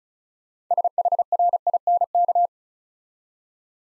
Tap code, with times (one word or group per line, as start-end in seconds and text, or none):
none